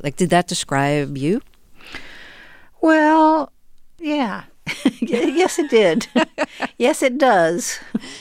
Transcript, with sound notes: Did - like, did that describe you?
Well, yeah (laughter) (Laughter) Yes, it did. Yes, it does.